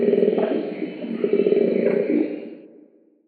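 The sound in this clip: Koala bellowing: a deep, rasping, pulsed drone that trails off into silence.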